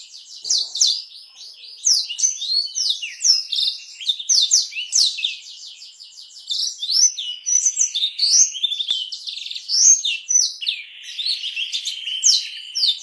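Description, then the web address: Black-throated canary delivering a long, jumbled, high-pitched song of rapid chips, trills and slurred notes, rising and falling in loudness throughout. "blackthroat suara-blackthroat"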